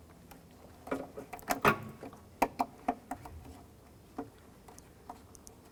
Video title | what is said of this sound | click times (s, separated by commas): How to Replace Windshield Washer Pump 1994-2004 Chevy S10 | I'm going to go ahead and install our electrical connector right here. And press it until you hear it click. | 2.4 s